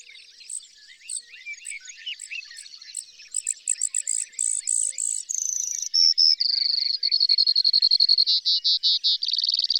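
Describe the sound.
Bird song: varied high chirps and twittering that build into fast buzzy trills, ending in a long rapid even trill; quiet background.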